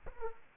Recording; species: mosquito wingbeat signal from an infrared sensor; Culex quinquefasciatus